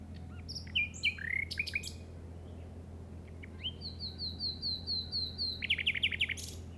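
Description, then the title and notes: Common nightingale singing varied phrases, a slurred rising note, then a long series of evenly repeated whistles and a quick rattle, with low background hum. In the Llobregat Delta at 06:00 on 8 May 2015. "Grabación de ruiseñor común (Luscinia megarhynchos) en el Delta del Llobregat a las 06:00 del 08/05/2015."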